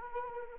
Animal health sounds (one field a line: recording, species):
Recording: mosquito wingbeat signal from an infrared sensor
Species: Anopheles arabiensis